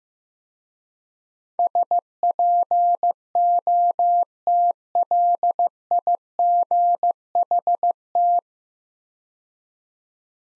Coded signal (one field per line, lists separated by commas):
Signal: Morse code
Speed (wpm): 15 wpm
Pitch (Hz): 700 Hz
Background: none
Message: SPOTLIGHT